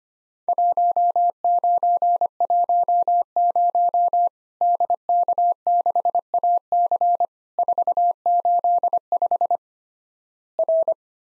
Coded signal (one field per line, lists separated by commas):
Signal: Morse code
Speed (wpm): 25 wpm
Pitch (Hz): 700 Hz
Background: none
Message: 1910 DK6AC 485 R